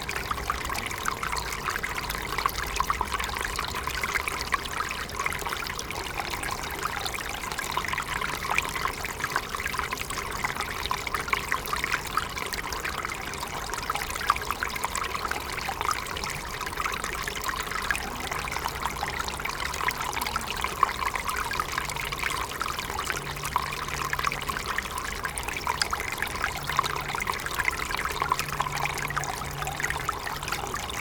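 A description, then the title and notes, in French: A small garden stream trickles and babbles steadily throughout, dense and bright, with a faint low hum intermittently underneath in the background. Ruisseau (Musée Albert Khan). Enregistrement effectué dans le jardin du Musée Albert Khan à Boulogne-Billancourt en août 2011.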